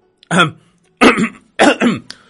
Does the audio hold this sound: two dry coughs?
yes